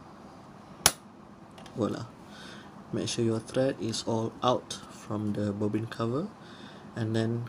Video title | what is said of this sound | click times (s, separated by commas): Intro and Usage Tutorial for Singer 224 (224U) from 1967 | notch upwards push it there and push it until it clicks voila | 0.9 s